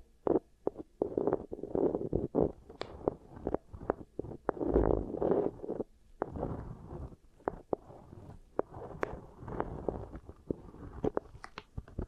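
Beeswax rubbed and pressed for ear triggers makes soft, sticky squishing and crinkling, with dense mid-range rustles through the first half. Sharp clicks and taps break in irregularly, becoming sparser after six seconds, where quieter squelches and crisp snaps alternate with brief pauses.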